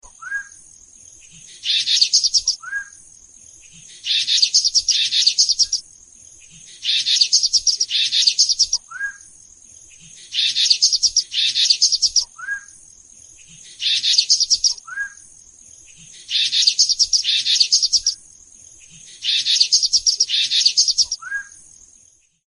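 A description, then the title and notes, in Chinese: A chestnut-capped babbler calls over and over, each phrase a short low note followed by a bright, high, buzzy rattle lasting about a second. Phrases repeat regularly every two to three seconds. A thin, steady insect whine runs underneath throughout. 红顶鹛的叫声。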